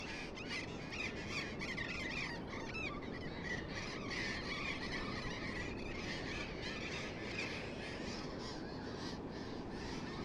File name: tomas miguel - loros barranqueros